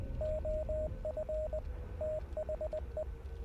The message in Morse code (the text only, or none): OF THE